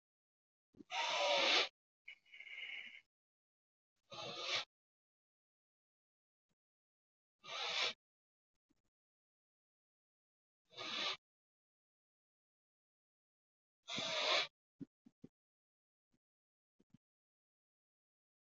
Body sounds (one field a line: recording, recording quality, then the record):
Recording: shallow breathing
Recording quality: excellent, no background noise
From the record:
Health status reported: respiratory illness, not identified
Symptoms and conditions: asthma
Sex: male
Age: 55 years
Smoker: not ticked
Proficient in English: yes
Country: India